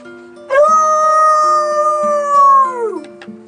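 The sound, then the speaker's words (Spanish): A neighbour's dog that has got loose lets out one long, loud howl that holds a steady pitch for over two seconds, then slides downward as it fades, over a quiet, steady low background tone. “Otra vez se soltó el perro del vecino.”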